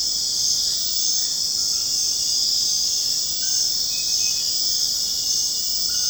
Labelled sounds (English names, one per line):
none